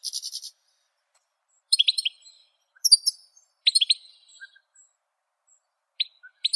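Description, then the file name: European goldfinch calls: a few short, separate bursts of sharp twittering notes with silence between. "Golosa ptic - CSHegol Carduelis carduelis"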